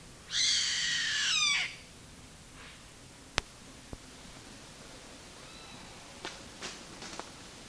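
Bird giving a single harsh, rasping screech lasting over a second, followed by quiet with a few faint clicks and soft rustles.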